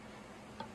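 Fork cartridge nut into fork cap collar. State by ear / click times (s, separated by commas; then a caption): seated / 0.6 s. On a 2024 KTM 300 XC-W, the fork cartridge nut is fitted so it seats up into the fork cap collar. Over a steady low background hum, a single small tick is heard at 0.6 s as the nut drops into the collar and seats correctly.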